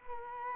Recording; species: mosquito wingbeat signal from an infrared sensor; Culex quinquefasciatus